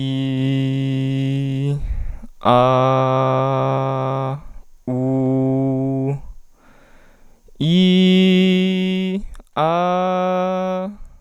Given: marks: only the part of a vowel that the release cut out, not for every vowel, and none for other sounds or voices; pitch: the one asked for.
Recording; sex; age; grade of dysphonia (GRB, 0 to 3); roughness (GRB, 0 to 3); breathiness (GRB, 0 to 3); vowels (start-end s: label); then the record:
sustained vowels; male; 20 to 29 years; 0; 0; 0
0.00-1.67 s: vowel /i/, normal pitch
2.54-4.26 s: vowel /a/, normal pitch
4.94-6.07 s: vowel /u/, normal pitch
7.69-9.11 s: vowel /i/, high pitch
9.63-10.82 s: vowel /a/, high pitch
From the record:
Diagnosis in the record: healthy voice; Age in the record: 26 years